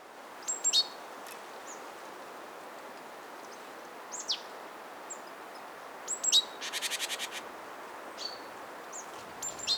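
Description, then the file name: Great tit calling with scattered short high chips and thin downslurred notes, broken once by a harsh rapid rattling churr in the second half, over a quiet hiss. "Parus major"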